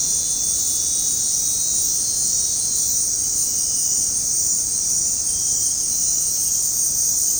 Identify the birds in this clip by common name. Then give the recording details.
none. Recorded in dense forest near Puerto Asís, Putumayo, Colombia, on 20 February 2024 at 20:30. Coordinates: 0.503, -76.322. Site G6418